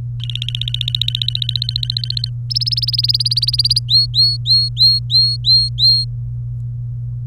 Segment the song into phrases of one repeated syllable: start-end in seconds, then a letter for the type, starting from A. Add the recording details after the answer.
0.20-2.30 A, 2.50-3.79 B, 3.88-6.04 C. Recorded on 24 April 2018 at 11:49. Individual llb3